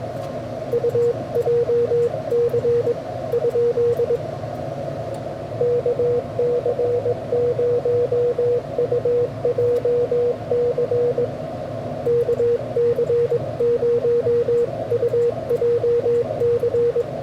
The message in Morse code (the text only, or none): UJC ? KC0UJC KC0UJC